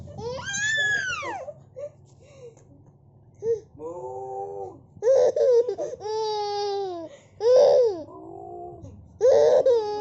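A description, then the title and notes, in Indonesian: A young child laughs in a series of high, squealing vocal bursts, some rising and falling in pitch and others held as shrill, strained shrieks that edge toward crying. The outbursts come every second or so, with a low hum underneath. Tertawa.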